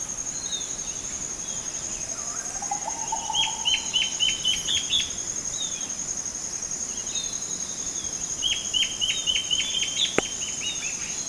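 Bird chirping in two bursts of quick, down-slurred notes over a constant high insect-like hiss, with a brief faint lower warble before the first burst.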